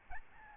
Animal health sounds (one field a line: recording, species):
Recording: mosquito wingbeat signal from an infrared sensor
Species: Aedes albopictus